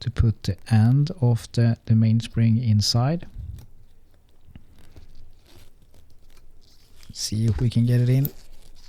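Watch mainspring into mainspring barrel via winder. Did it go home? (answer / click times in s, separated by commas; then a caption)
no / none. Someone talks while using a 3D-printed mainspring winder to push the end of a coiled steel mainspring into the brass barrel of a vintage Tissot Visodate watch. Faint, short ticks and handling scrapes follow between about 3.6 and 6.4 seconds before the talking resumes. The mainspring end has not clicked into the barrel yet.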